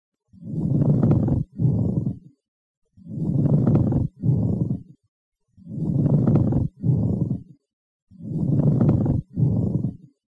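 Pleural friction rub heard over an adult chest: four repeating breath cycles, about 24 a minute, each with a longer grating inspiratory burst and a shorter rough expiratory burst. The coarse, creaking sounds in both phases come from inflamed pleural surfaces rubbing together.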